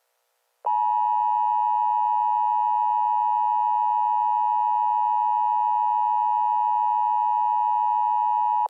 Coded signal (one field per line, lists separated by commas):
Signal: Emergency Alert System (SAME) tones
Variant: 853 and 960 Hz attention tone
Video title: EAS Scenario - Faces